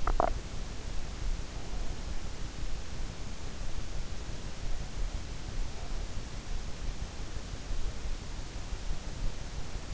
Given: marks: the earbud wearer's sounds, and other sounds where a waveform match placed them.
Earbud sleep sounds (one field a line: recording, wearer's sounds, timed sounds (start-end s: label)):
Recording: sounds in sleep by an in-ear microphone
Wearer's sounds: swallowing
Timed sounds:
0.00-0.46 s: swallowing